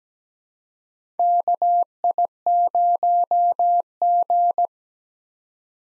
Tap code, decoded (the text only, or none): none